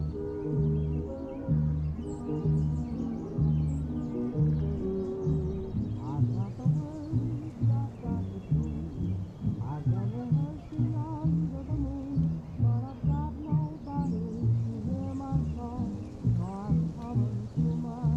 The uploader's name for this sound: Summer oldies playing in another room